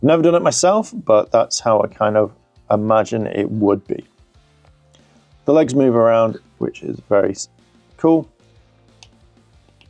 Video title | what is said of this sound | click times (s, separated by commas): Wild Force Blue Ranger Lightning Collection Review | clicks into place but that's it so there's no extra blue it's just the same let's have a look | 9.0 s, 9.8 s